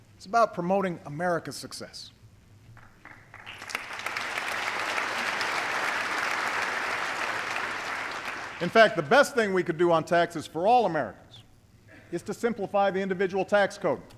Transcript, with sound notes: It’s about promoting America’s success. (Applause.) In fact, the best thing we could do on taxes for all Americans is to simplify the individual tax code.